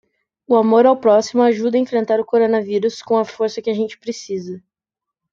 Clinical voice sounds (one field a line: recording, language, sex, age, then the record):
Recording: spoken sentence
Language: Brazilian Portuguese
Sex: female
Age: 18 to 19 years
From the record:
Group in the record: control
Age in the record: 19 years